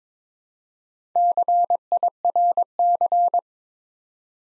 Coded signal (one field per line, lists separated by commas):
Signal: Morse code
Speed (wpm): 22 wpm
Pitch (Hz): 700 Hz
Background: none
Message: CIRC